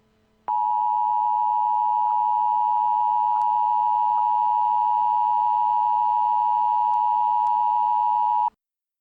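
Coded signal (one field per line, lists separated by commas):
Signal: Emergency Alert System (SAME) tones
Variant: 853 and 960 Hz attention tone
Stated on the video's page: Valid EAS tones in fictional, parody EAS scenario recreations.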